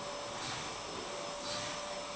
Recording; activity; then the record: daily activity, microphone in the room; vacuum cleaning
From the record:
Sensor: 1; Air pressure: 1011.9 hPa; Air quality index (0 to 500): 239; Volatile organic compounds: 6 ppm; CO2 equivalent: 1899 ppm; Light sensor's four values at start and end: 10/23/9/10 and 10/23/9/10